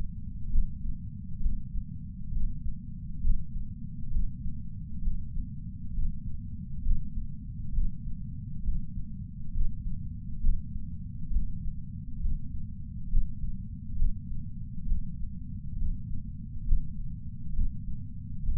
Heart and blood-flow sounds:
heart sounds by patch sensor on the chest; 67 bpm
0.49 s: heartbeat
1.40 s: heartbeat
2.30 s: heartbeat
3.21 s: heartbeat
4.10 s: heartbeat
5.01 s: heartbeat
5.92 s: heartbeat
6.82 s: heartbeat
7.72 s: heartbeat
8.62 s: heartbeat
9.52 s: heartbeat
10.40 s: heartbeat
11.30 s: heartbeat
12.19 s: heartbeat
13.08 s: heartbeat
13.96 s: heartbeat
14.85 s: heartbeat
15.75 s: heartbeat
16.64 s: heartbeat
17.53 s: heartbeat
18.42 s: heartbeat
From the record:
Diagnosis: coronary artery disease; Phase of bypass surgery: preoperative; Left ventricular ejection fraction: 64.7%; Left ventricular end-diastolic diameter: 48 mm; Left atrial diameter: 35 mm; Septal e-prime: 7.2 cm/s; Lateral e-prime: 9.9 cm/s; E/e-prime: 8.2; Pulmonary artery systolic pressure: 27 mmHg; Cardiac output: 5.5 L/min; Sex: male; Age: 75 years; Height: 167 cm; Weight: 58 kg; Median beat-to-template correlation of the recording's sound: 0.83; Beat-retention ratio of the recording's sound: 0.99

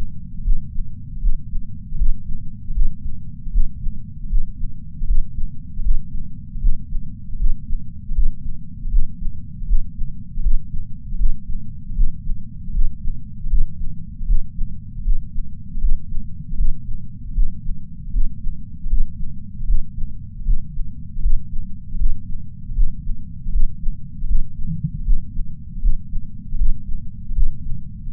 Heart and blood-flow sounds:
heart sounds by patch sensor on the chest; 78 bpm
0.40 s: heartbeat
1.17 s: heartbeat
1.94 s: heartbeat
2.70 s: heartbeat
3.51 s: heartbeat
4.25 s: heartbeat
5.03 s: heartbeat
5.79 s: heartbeat
6.56 s: heartbeat
7.34 s: heartbeat
8.11 s: heartbeat
8.87 s: heartbeat
9.63 s: heartbeat
10.39 s: heartbeat
11.14 s: heartbeat
11.91 s: heartbeat
12.69 s: heartbeat
13.46 s: heartbeat
14.23 s: heartbeat
15.00 s: heartbeat
15.77 s: heartbeat
16.53 s: heartbeat
17.30 s: heartbeat
18.08 s: heartbeat
18.85 s: heartbeat
19.62 s: heartbeat
20.41 s: heartbeat
21.18 s: heartbeat
21.94 s: heartbeat
22.71 s: heartbeat
23.48 s: heartbeat
24.23 s: heartbeat
25.01 s: heartbeat
25.77 s: heartbeat
26.54 s: heartbeat
27.31 s: heartbeat
28.08 s: heartbeat
From the record:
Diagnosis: coronary artery disease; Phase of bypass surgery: intraoperative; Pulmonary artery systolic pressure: 21 mmHg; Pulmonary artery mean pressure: 15 mmHg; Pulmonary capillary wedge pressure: 10 mmHg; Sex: male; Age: 65 years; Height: 170 cm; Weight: 65 kg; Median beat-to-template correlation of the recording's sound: 0.94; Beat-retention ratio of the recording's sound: 0.99

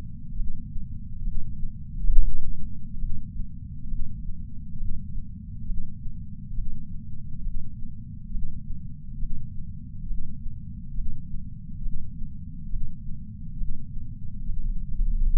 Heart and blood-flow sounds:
heart sounds by patch sensor on the chest; 68 bpm
0.35 s: heartbeat
1.23 s: heartbeat
2.09 s: heartbeat
2.98 s: heartbeat
3.87 s: heartbeat
4.76 s: heartbeat
5.65 s: heartbeat
6.54 s: heartbeat
7.42 s: heartbeat
8.30 s: heartbeat
9.18 s: heartbeat
10.06 s: heartbeat
10.94 s: heartbeat
11.81 s: heartbeat
12.69 s: heartbeat
13.56 s: heartbeat
14.44 s: heartbeat
15.31 s: heartbeat
From the record:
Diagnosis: coronary artery disease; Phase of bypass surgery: postoperative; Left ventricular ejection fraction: 66.9%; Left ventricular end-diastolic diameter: 46 mm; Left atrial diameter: 29 mm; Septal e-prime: 7.1 cm/s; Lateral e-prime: 13.1 cm/s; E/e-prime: 6.9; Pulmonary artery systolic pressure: 30 mmHg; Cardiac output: 7.9 L/min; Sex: male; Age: 62 years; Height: 172 cm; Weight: 60 kg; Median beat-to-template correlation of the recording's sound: 0.92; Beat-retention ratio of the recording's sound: 1.00

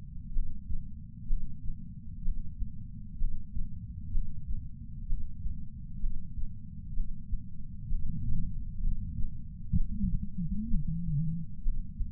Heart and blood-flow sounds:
heart sounds by patch sensor on the chest; 64 bpm
0.33 s: heartbeat
1.27 s: heartbeat
2.23 s: heartbeat
3.18 s: heartbeat
4.12 s: heartbeat
5.07 s: heartbeat
6.00 s: heartbeat
6.94 s: heartbeat
7.89 s: heartbeat
8.81 s: heartbeat
9.75 s: heartbeat
10.69 s: heartbeat
11.63 s: heartbeat
From the record:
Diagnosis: coronary artery disease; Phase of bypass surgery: preoperative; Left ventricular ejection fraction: 36.6%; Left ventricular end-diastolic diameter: 43 mm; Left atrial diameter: 33 mm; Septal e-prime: 3.9 cm/s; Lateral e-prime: 8 cm/s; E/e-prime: 10.3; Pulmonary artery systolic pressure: 22 mmHg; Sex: female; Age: 80 years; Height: 150 cm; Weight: 49 kg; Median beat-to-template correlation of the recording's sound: 0.90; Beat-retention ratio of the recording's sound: 0.98

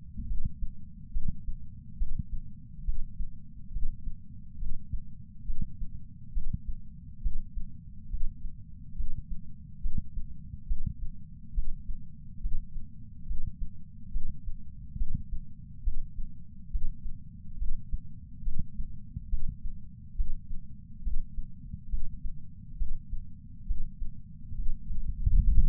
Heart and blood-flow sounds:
heart sounds by patch sensor on the chest; 69 bpm
0.27 s: heartbeat
1.12 s: heartbeat
1.98 s: heartbeat
2.85 s: heartbeat
3.72 s: heartbeat
4.59 s: heartbeat
5.46 s: heartbeat
6.33 s: heartbeat
7.22 s: heartbeat
8.10 s: heartbeat
8.96 s: heartbeat
9.82 s: heartbeat
10.67 s: heartbeat
11.54 s: heartbeat
12.41 s: heartbeat
13.27 s: heartbeat
14.12 s: heartbeat
14.98 s: heartbeat
15.84 s: heartbeat
16.71 s: heartbeat
17.58 s: heartbeat
18.44 s: heartbeat
19.30 s: heartbeat
20.16 s: heartbeat
21.03 s: heartbeat
21.90 s: heartbeat
22.78 s: heartbeat
23.67 s: heartbeat
24.56 s: heartbeat
25.43 s: heartbeat
From the record:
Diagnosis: coronary artery disease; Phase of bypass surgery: preoperative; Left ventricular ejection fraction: 65.2%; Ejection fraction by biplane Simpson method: 56.6%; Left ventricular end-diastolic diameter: 45 mm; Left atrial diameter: 34 mm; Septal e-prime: 5.7 cm/s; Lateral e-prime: 8.2 cm/s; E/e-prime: 7.6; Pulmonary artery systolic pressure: 21 mmHg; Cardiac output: 6.8 L/min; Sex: male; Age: 69 years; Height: 174 cm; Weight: 79 kg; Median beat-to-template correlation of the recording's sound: 0.95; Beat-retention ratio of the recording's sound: 0.99

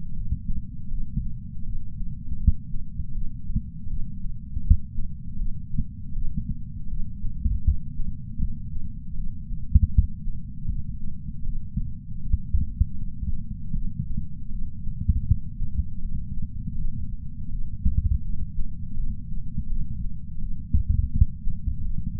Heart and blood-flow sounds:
heart sounds by patch sensor on the chest; 80 bpm
0.15 s: heartbeat
0.90 s: heartbeat
1.65 s: heartbeat
2.38 s: heartbeat
3.13 s: heartbeat
3.89 s: heartbeat
4.63 s: heartbeat
5.38 s: heartbeat
6.14 s: heartbeat
6.89 s: heartbeat
7.64 s: heartbeat
8.40 s: heartbeat
9.16 s: heartbeat
9.92 s: heartbeat
10.67 s: heartbeat
11.45 s: heartbeat
12.21 s: heartbeat
12.97 s: heartbeat
13.74 s: heartbeat
14.51 s: heartbeat
15.26 s: heartbeat
16.01 s: heartbeat
16.76 s: heartbeat
17.51 s: heartbeat
18.23 s: heartbeat
18.96 s: heartbeat
19.68 s: heartbeat
20.40 s: heartbeat
21.12 s: heartbeat
21.83 s: heartbeat
From the record:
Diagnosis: coronary artery disease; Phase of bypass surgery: preoperative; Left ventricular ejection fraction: 51.7%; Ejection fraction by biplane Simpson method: 50.1%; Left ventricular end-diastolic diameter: 56 mm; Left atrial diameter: 44 mm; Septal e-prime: 6.6 cm/s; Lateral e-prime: 7.4 cm/s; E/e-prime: 12.8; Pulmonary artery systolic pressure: 46 mmHg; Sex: female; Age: 69 years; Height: 155 cm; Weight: 70 kg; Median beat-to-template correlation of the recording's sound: 0.76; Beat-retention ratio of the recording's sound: 0.97

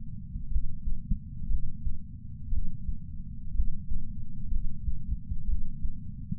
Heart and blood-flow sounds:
heart sounds by patch sensor on the chest; 60 bpm
0.49 s: heartbeat
1.48 s: heartbeat
2.50 s: heartbeat
3.53 s: heartbeat
4.50 s: heartbeat
5.46 s: heartbeat
From the record:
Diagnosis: coronary artery disease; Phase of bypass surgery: preoperative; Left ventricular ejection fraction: 47%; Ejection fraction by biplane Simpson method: 47.3%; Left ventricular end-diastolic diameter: 51 mm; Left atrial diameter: 32 mm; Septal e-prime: 4.7 cm/s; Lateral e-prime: 7 cm/s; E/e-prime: 9.1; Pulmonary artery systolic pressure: 21 mmHg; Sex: male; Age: 60 years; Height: 174 cm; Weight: 72 kg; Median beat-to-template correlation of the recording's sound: 0.91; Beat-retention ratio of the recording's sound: 0.98

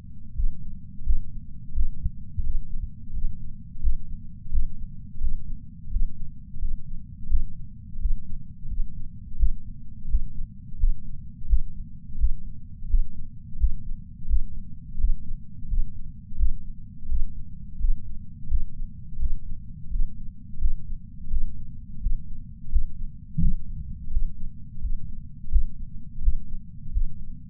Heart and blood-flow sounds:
heart sounds by patch sensor on the chest; 86 bpm
0.35 s: heartbeat
1.04 s: heartbeat
1.74 s: heartbeat
2.43 s: heartbeat
3.13 s: heartbeat
3.81 s: heartbeat
4.51 s: heartbeat
5.20 s: heartbeat
5.91 s: heartbeat
6.60 s: heartbeat
7.28 s: heartbeat
7.99 s: heartbeat
8.68 s: heartbeat
9.37 s: heartbeat
10.08 s: heartbeat
10.78 s: heartbeat
11.47 s: heartbeat
12.17 s: heartbeat
12.88 s: heartbeat
13.58 s: heartbeat
14.27 s: heartbeat
14.98 s: heartbeat
15.68 s: heartbeat
16.37 s: heartbeat
17.08 s: heartbeat
17.79 s: heartbeat
18.49 s: heartbeat
19.19 s: heartbeat
19.90 s: heartbeat
20.59 s: heartbeat
21.30 s: heartbeat
22.01 s: heartbeat
22.70 s: heartbeat
23.40 s: heartbeat
24.10 s: heartbeat
24.81 s: heartbeat
25.50 s: heartbeat
26.21 s: heartbeat
26.92 s: heartbeat
From the record:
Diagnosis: coronary artery disease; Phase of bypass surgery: postoperative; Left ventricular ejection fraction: 53.3%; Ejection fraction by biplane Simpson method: 55.1%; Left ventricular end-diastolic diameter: 44 mm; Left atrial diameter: 43 mm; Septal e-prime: 6 cm/s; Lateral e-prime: 8.6 cm/s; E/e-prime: 11.9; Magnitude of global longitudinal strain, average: 15.4%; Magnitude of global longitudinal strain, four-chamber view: 16.2%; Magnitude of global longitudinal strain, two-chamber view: 15.5%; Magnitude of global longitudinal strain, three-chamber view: 14.5%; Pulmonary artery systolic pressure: 30 mmHg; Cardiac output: 3.65 L/min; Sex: male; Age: 64 years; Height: 175 cm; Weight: 85 kg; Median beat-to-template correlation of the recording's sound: 0.88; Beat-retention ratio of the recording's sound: 1.00

